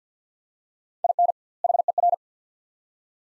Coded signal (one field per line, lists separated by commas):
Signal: Morse code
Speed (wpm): 50 wpm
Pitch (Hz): 700 Hz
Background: none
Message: IN HER